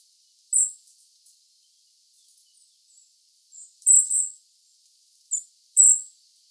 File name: Tulipaahippiainen kutsuaani Marco-Dragonetti